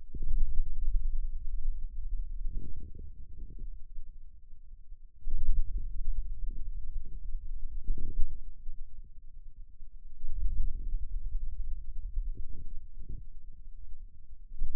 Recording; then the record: forearm muscle sounds (acoustic myography)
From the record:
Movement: radial deviation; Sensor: system 2, bracelet of six BSWA MPA416 microphones around the upper forearm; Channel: 1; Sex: male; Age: 22 years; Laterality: right